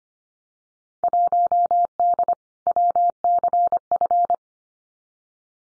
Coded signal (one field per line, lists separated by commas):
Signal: Morse code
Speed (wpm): 25 wpm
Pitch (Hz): 700 Hz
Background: none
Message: 1D WCF